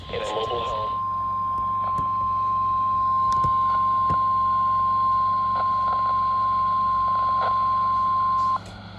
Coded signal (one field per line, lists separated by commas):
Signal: Emergency Alert System (SAME) tones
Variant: 1050 Hz attention tone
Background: speech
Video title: EAS Alerts from July 9th, 2025 [EAS #2,291-2,324]